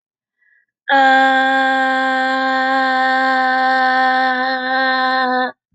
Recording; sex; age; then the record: vowel held as long as possible; female; 20 to 29 years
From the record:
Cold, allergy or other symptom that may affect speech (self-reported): no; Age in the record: 28 years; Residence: Colorado, United States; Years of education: 12